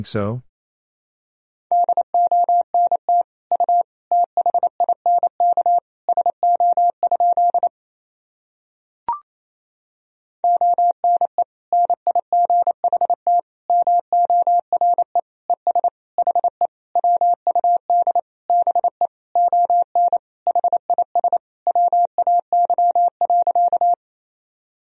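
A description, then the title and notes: Morse code tapped out as a single steady mid-pitched beep, keyed on and off in rapid dots and dashes. A brief chirp opens it, the keying runs from about two to eight seconds, pauses with a faint click near nine, then resumes until nearly the end. Sentences from Top 300 Words and Abbreviations 28wpm. First, the words and abbreviations are sent in Morse code.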